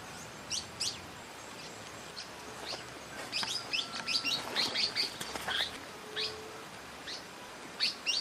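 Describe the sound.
Pale baywing giving sharp, high chirping calls in scattered bursts, clustered around the middle.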